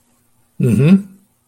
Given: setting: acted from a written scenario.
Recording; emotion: vocal sound without words; neutral